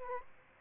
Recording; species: mosquito wingbeat signal from an infrared sensor; Aedes aegypti